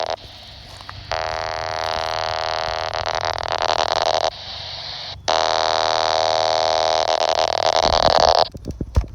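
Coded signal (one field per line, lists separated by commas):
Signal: unidentified radio signal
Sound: two harsh buzzing data-like bursts, about three seconds each, separated by brief static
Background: radio static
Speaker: 27.255 and 27.265, and now we're back on 27.255. This is channel 23.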